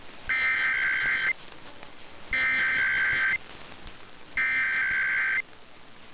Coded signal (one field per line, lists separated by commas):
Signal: Emergency Alert System (SAME) tones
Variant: header bursts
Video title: [EAS #2384-#2386] Sunday & Early Monday RWTs